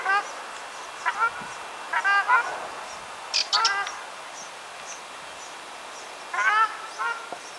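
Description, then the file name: Ruddy shelduck nasal honks in scattered pairs and short runs, with a few fainter higher notes between them against steady background hiss. "ogar golos"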